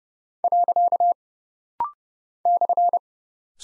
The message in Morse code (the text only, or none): . /